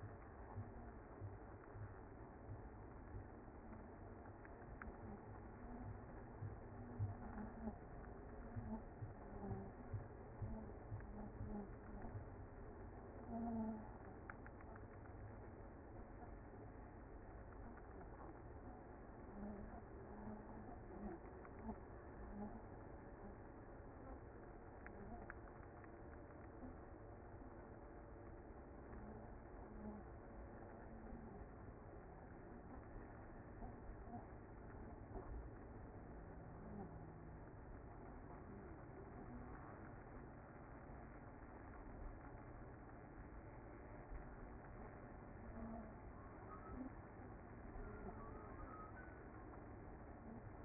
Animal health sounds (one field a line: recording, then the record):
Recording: honeybee colony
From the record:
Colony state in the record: active